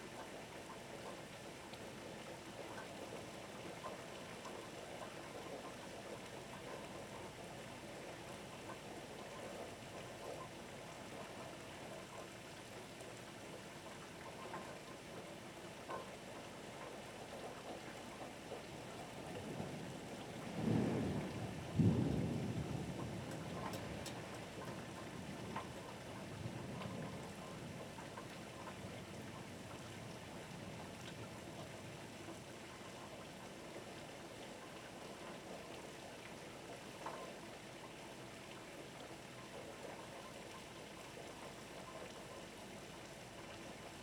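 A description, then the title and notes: Steady rain hisses throughout, with a dense, even patter over a low rumble. Around twenty seconds in, a deeper rolling swell builds and fades over several seconds, like thunder or passing ferry traffic, before the rain settles back to its constant wash. Martha's Vineyard Thunderstorm and Harbor Waves.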